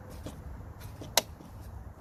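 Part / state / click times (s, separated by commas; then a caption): plastic retaining tab of third brake light housing into tailgate panel / seated / 1.2 s. A white plastic retaining tab on the third brake light housing of a 2011 Mini Clubman is pressed into the tailgate panel, continuing along the edge to snap in the remaining tabs. Over a quiet background, one sharp, bright snap rings out at 1.2 s as the tab seats home.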